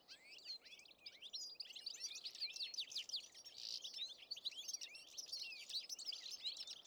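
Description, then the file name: European goldfinch twittering, a dense run of quick, liquid, tinkling notes and short trills, continuous throughout with a faint background hiss. "Carduelis carduelis"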